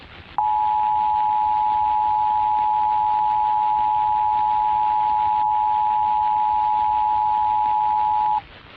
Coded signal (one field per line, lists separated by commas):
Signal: Emergency Alert System (SAME) tones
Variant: 853 and 960 Hz attention tone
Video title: EAS Scenario | Nuclear War | WW3 Part 2